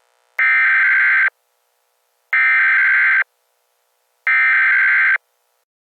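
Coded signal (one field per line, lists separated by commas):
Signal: Emergency Alert System (SAME) tones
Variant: header bursts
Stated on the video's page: Fictional EAS scenario made for fun; SAME tones possibly valid.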